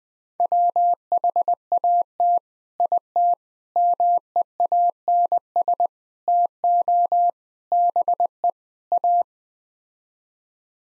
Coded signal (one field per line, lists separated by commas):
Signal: Morse code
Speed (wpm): 20 wpm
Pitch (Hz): 700 Hz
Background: none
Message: WHAT IT MEANS TO BE A